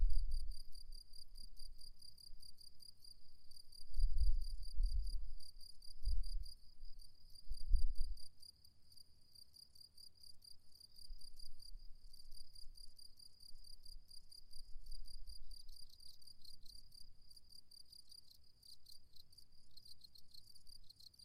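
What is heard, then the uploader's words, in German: Crickets chirp without pause in a hollow on a hilltop ridge, a thin, high, evenly pulsing trill that holds from start to finish. During the first eight seconds low gusts of wind buffet in, then the air settles to a quieter low murmur. Eine Kuhle im Bergrücken des Hesselbergs. Hatte 3 Mikrophone mit.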